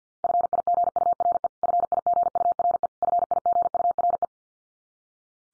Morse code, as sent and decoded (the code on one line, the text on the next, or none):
..-. .. --. ..- .-. . / ..-. .. --. ..- .-. . / ..-. .. --. ..- .-. .
FIGURE FIGURE FIGURE